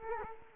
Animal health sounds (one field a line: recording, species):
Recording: mosquito wingbeat signal from an infrared sensor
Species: Culex quinquefasciatus